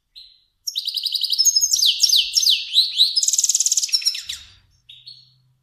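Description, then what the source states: Finch singing a short whistle, then a long varied warble of sweeping notes and rapid trills lasting over three seconds, followed by two brief whistles. Kermani finch.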